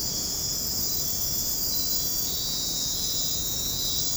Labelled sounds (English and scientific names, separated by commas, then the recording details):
none
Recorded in dense forest near Puerto Asís, Putumayo, Colombia, on 19 February 2024 at 03:00
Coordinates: 0.503, -76.322
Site G6418